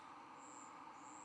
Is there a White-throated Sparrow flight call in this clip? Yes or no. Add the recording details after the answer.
no. No flight call is heard. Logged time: 11:29 on 11 November 2014